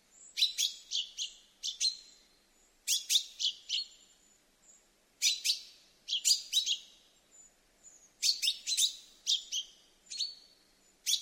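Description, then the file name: Common chaffinch calls: repeated bursts of bright, clipped chirps and short whistled notes, coming in small groups with brief pauses. "Fringilla coelebs"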